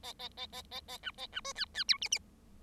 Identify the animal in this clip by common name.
Bengalese Finch